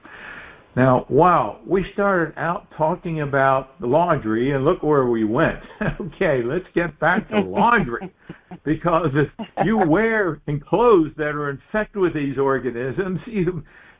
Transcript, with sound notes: Now, wow, we started out talking about laundry and look where we went. (laughs) Okay, let's get back to laundry.
(laughs)
Because if you're wearing clothes that are infested with these organisms,